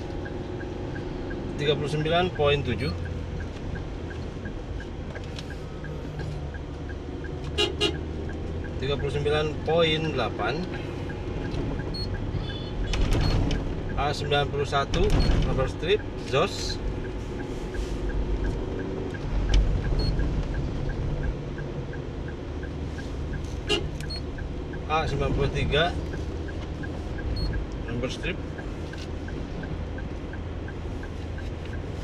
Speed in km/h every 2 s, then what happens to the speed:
42, 44, 47, 48, 49, 49, 49, 49, 50, 50, 51, 51, 50, 48, 47, 47.
0-8 speeds up to 49. 8-32 steady at about 49.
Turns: none.